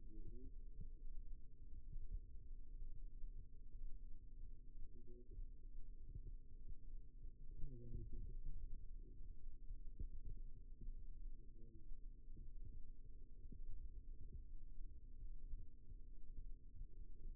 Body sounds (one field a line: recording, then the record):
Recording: forearm muscle sounds (acoustic myography)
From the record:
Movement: rest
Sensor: system 2, bracelet of six BSWA MPA416 microphones around the upper forearm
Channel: 3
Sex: male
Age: 22 years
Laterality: right